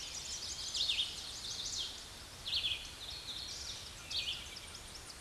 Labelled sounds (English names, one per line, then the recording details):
Red-eyed Vireo song
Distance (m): 20 m
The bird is about 10 m above the microphone
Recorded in a Pennsylvania forest on 16 May 2024 at 07:15
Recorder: AudioMoth, point MSD-2258
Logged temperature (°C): 15.2 °C
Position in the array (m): 167 m, 71 m